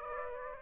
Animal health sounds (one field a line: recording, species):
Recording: mosquito wingbeat signal from an infrared sensor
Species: Aedes aegypti